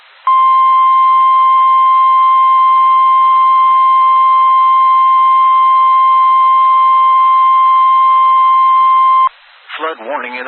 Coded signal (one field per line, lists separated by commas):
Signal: Emergency Alert System (SAME) tones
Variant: 1050 Hz attention tone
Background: speech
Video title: FLOOD WARNING (EAS ALERT 155)